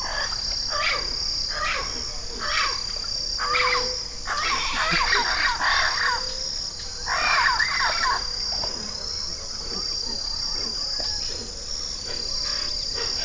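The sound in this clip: Bird uttering scattered harsh chattering bursts, strongest in the middle, against a steady high hiss.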